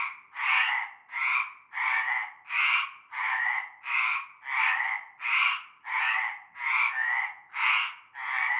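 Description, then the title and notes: Frogs in chorus, rough croaking pulses repeated rapidly and fairly evenly. Frog chorus starting at nightfall in a large concrete basin with stagnant greenish water, Avenue Cante Coucou, La Ciotat, Bouches-du-Rhône, France. "Avenue Cante Coucou, Groupède, La Ciotat, Marseille, Bouches-du-Rhône, Provence-Alpes-Côte d'Azur, France métropolitaine, 13600, France - cœur de grenouilles. Une grande vasque en béton, un fond d'eau verdâtre croupissant. et un cœur de grenouilles dès la nuit tombée"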